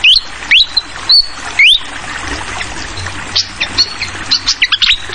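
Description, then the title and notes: Fantail song: clear rising whistles held briefly, then scattered sharp chirps, with a soft continuous trickle of water behind. Tutoring recording (masteran) for training songbirds, featuring a clear-voiced fantail flycatcher mixed with the sound of flowing water. "Masteran Sikatan Kipas Suara Jernih Dan Suara Gemericik Air. Suara Burung Sikatan Londo"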